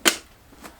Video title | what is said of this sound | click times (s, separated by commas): Fitting the Hepco & Becker X-Travel Panniers | and it'll click in place | 0.1 s